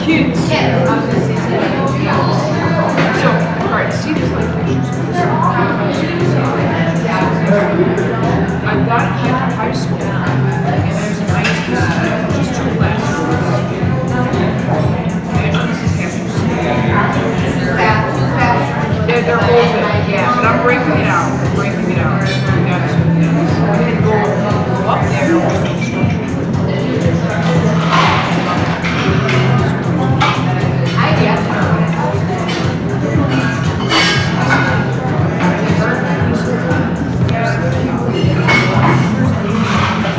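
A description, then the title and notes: A bustling cafe fills the room with many overlapping voices, a dense, steady murmur of conversation that never drops away. Brief clinks and clatters of dishes and movement pop out throughout, over a constant low hum. Bustling cafe. The rustling of customers shuffling in and out.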